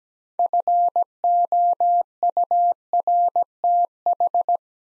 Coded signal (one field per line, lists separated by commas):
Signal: Morse code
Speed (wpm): 17 wpm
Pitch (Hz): 700 Hz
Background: none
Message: FOURTH